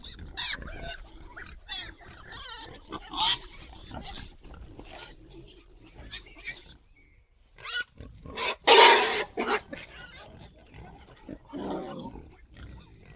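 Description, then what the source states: Wild boar grunting in a loose series of rough, noisy bursts, with a louder, harsh outburst past the middle followed by softer grunts. Contact call of a wild boar.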